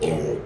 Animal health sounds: contact call of a hoofed animal; pig; closed-mouth grunt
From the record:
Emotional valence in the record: negative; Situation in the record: short social isolation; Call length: 0.45 s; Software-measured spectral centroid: 2210 Hz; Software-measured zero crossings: 1170 a second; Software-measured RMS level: -24 dBFS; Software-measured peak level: -11 dBFS

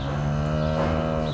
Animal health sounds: contact call of a hoofed animal; cattle; low-frequency (closed-mouth) or high-frequency (open-mouth) call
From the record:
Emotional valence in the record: negative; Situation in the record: physical separation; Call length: 1.34 s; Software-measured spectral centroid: 1620 Hz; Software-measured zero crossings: 1110 a second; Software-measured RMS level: -24 dBFS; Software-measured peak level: -11 dBFS

